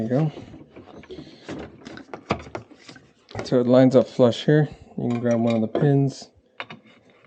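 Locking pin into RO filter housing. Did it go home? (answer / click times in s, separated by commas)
yes / 6.6 s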